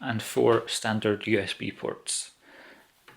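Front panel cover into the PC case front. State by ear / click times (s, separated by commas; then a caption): seated / 3.1 s. Someone talks, then the hinged front panel cover on a Corsair 900D PC case is pressed in at its top left corner and clicks shut into the case front with a single short click at 3.1 s. The cover is seated back in place.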